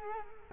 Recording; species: mosquito wingbeat signal from an infrared sensor; Culex quinquefasciatus